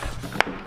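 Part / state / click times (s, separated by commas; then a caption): bicycle tire bead seating into wheel rim / seated / 0.4 s. A bicycle tire is inflated with a pump so its rubber bead seats into the metal wheel rim. A single sharp pop is heard at 0.4 seconds over a low background, and the bead is seated.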